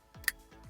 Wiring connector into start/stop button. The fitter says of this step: make sure it's the right way little click yeah